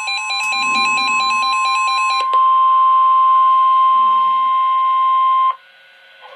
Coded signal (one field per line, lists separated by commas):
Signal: Emergency Alert System (SAME) tones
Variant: 1050 Hz attention tone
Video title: Tornado Warning (EAS #106)